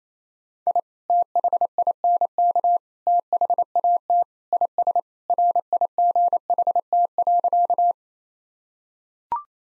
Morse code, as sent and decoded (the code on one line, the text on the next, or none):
.. / - .... .. -. -.- / - .... .- - / .. ... / .-. .. --. .... - .-.-.-
I THINK THAT IS RIGHT.